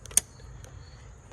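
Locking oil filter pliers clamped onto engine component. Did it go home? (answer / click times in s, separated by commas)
yes / 0.2 s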